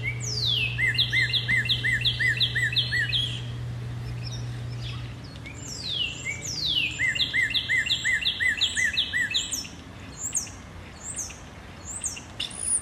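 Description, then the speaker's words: Northern Cardinal song: two fast runs of clear downslurred whistles, then a few scattered notes, with a low steady hum early on. "No, but this is where Tassie, when she's editing, should put in some of my beautiful cardinal songs."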